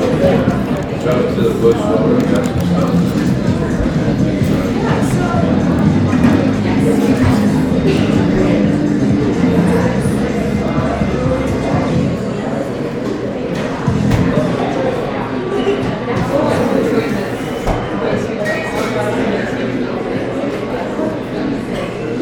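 Coffeeshop murmur of overlapping voices runs steadily throughout, with dense low chatter, scattered clinks and brief clatters, and occasional louder moments.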